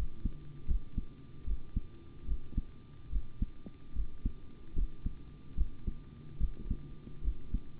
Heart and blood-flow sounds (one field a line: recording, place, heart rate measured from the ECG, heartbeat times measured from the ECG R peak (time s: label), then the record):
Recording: heart sounds by stethoscope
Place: between the tricuspid and mitral areas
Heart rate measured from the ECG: 73 bpm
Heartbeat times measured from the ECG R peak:
0.66 s: heartbeat
1.45 s: heartbeat
2.25 s: heartbeat
3.10 s: heartbeat
3.93 s: heartbeat
4.74 s: heartbeat
5.55 s: heartbeat
6.38 s: heartbeat
7.22 s: heartbeat
From the record:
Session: rest, sitting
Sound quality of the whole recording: good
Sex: male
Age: 25 years